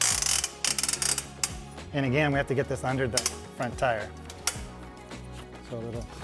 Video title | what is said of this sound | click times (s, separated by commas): Install the HEB ROADRUNNER Bike Hitch Rack for Ebikes on your 2" Receiver | and you want to hear a good solid click | 0.0 s, 0.7 s, 0.8 s, 1.4 s